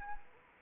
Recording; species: mosquito wingbeat signal from an infrared sensor; Anopheles arabiensis